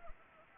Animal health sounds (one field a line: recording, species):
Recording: mosquito wingbeat signal from an infrared sensor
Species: Anopheles arabiensis